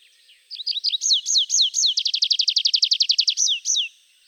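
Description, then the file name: Tree pipit song, a rapid run of high, sharply down-slurred notes that speeds into a fast trill and slows again near the end. "Pipit des arbres"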